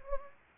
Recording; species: mosquito wingbeat signal from an infrared sensor; Anopheles gambiae